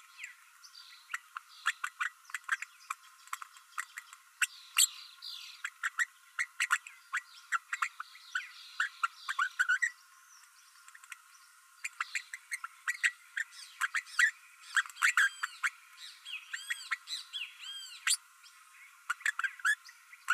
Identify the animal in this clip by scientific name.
Forpus passerinus